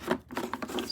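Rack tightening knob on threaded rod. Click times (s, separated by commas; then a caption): 0.1 s, 0.3 s, 0.4 s, 0.5 s, 0.6 s, 0.8 s. The tightening knob on a Yakima bike rack is turned against a threaded rod with a slightly tapered end. Instead of tightening, the knob's inner metal thread plate, pushed by a spring, slips on the stripped thread. A series of small clicking hits sounds at 0.1, 0.3, 0.4, 0.5, 0.6 and 0.8 seconds.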